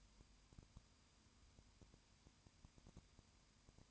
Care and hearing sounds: daily activity, microphone in the room; no activity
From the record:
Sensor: 2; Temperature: 20.8 degrees Celsius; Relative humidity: 38.2%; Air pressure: 1010.4 hPa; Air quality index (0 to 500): 200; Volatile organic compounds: 19 ppm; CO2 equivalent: 2649 ppm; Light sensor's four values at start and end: 2/3/2/2 and 2/3/2/2

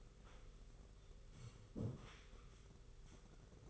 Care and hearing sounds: daily activity, microphone in the room; sit down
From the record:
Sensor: 4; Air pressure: 991.3 hPa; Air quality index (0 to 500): 137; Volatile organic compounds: 54 ppm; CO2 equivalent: 3347 ppm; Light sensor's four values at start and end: 25/79/29/31 and 25/80/30/31

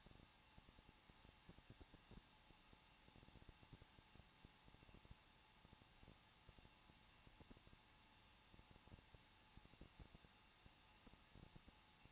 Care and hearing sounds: daily activity, microphone in the room; no activity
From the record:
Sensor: 1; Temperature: 20.1 degrees Celsius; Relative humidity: 39.2%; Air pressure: 1006.3 hPa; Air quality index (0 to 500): 218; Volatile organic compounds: 79 ppm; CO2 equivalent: 3597 ppm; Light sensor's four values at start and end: 1/2/1/1 and 1/2/1/1

